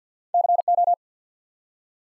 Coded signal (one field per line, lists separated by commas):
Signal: Morse code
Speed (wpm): 50 wpm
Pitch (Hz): 700 Hz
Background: none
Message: CO